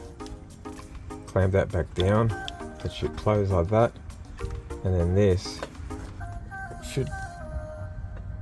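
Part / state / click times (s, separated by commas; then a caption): wiring connector onto starter motor terminal / not seated / none. Someone talks over background music while pushing a wiring connector (a plug or cap) onto a terminal of the replacement starter motor on a Mazda RX8 during a starter motor upgrade. A brief louder sound occurs around 5.9 s, but the connector does not lock on for an unknown reason, and nothing has seated or clicked yet.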